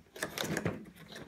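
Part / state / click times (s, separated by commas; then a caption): plastic greenhouse dome lid onto seed-starter tray / not seated / none. A clear plastic greenhouse dome lid from a Jiffy Tomato Greenhouse Kit is pressed onto a seed-starter tray. It gives a few short plastic rattles and taps at about 0.2, 0.4 and 0.6 seconds. The lid only sits loosely and does not snap on, so nothing has seated or clicked yet.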